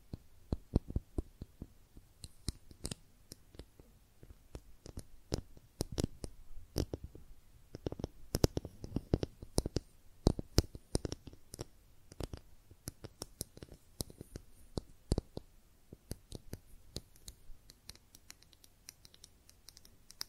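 Makeup tapping and scratching: quick, irregular clicks and taps crowd all twenty seconds, some sharp and loud, with soft scraping in between.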